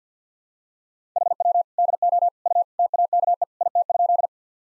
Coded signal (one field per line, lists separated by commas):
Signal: Morse code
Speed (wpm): 45 wpm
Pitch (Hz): 700 Hz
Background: none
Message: HW DO U TAKE IT?